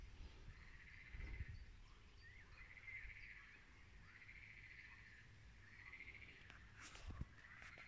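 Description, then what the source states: Frogs calling in a chorus of drawn-out, rattling trills repeated at a steady pace, with a low rumble underneath and a few sharp clicks near the end. In a meadow.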